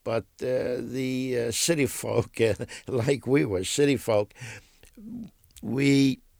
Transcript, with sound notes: But the city folk, ( he laughs ) like we were city folk, we